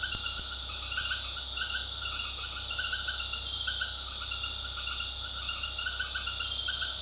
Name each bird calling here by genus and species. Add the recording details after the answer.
none. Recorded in dense forest near Puerto Asís, Putumayo, Colombia, on 21 February 2024 at 19:00. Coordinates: 0.485, -76.322. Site G6406